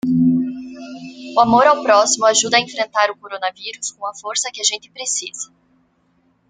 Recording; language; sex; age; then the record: spoken sentence; Brazilian Portuguese; female; 30 to 39 years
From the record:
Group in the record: control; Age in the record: 31 years